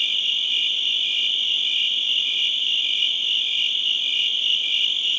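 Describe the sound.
Crickets sing together in a constant high ringing chorus, with no other sounds.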